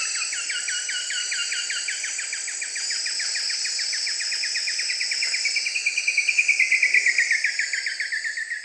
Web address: ENTER Music and Audio. Nature Songs S America Eastern Lowlands. Xiphorhynchus elegans, song